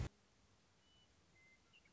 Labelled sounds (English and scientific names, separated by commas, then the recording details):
Western Meadowlark (Sturnella neglecta)
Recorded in Sonoma County, California